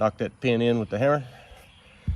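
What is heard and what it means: During reassembly of an MP5/SP5, a metal retaining pin is being pushed back through the receiver and trigger housing to hold the hammer and trigger group. A man talks, then there is quiet handling noise and a short low thump near 2.1 s. Nothing has seated or clicked yet.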